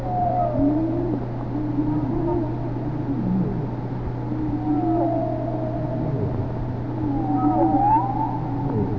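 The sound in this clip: Whale calls: overlapping low moans and sweeping tonal whistles, some rising and some falling, over a steady low hum and background noise.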